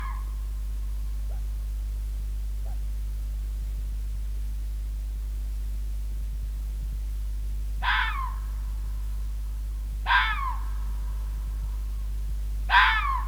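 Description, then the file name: Red fox calls: three harsh, hoarse screaming barks late, each dropping in pitch, about two to three seconds apart, over a steady low hum. "Rode vos - Sound Cloud - Beeld en Geluid"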